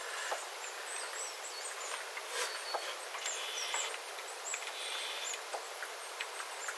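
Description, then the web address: Small birds calling with high, thin, slightly sliding notes, several in a row, over background hiss and occasional water drips. Small flock of birds calling, recorded 9 September 2025 after rain, with water dripping from the eaves. "paivat 9 9 2025 pikkulintuparven aantelya vesi tippuu raystaalta sateen jalkeen"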